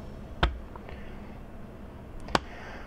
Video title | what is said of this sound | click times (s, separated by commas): Kodak Retina Ia Video Manual | open up the camera and you want it to click in place. | 2.4 s